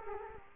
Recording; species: mosquito wingbeat signal from an infrared sensor; Culex quinquefasciatus